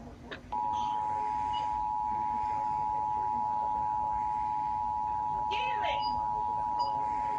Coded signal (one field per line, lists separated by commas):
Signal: Emergency Alert System (SAME) tones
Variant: 853 and 960 Hz attention tone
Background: speech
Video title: (EAS #134) FINALLY! Severe Thunderstorm Warning for Columbia, Dane, Sauk, Wisconsin